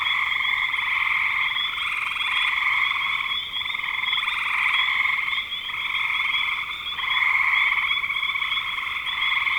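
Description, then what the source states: Frogs giving a continuous trilling rattle, broken by a few brief dips. Frogs recorded in spring 2025.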